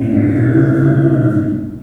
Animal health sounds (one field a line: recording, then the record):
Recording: squeal of a Yucatan mini pig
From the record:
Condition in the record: after surgery on the right vocal fold (resection and tissue-engineered implant)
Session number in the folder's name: 3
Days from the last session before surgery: 21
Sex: female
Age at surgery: 19 weeks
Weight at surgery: 25 kg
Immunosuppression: prednisolone